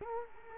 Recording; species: mosquito wingbeat signal from an infrared sensor; Culex quinquefasciatus